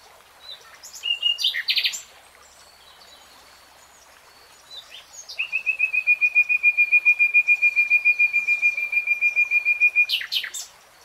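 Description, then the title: Nightingale song: a brief trill of sharp notes, a pause, then a long rapid series of repeated notes held at one pitch for about five seconds, ending with a sharp flourish. Three-hour real-time recording. "[Tiếng chim hót] REALTIME Nightingale Singing"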